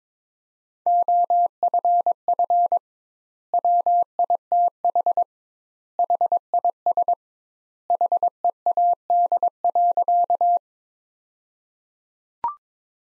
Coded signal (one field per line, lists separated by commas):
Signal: Morse code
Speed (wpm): 22 wpm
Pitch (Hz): 700 Hz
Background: none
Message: OFF WITH HIS HEAD.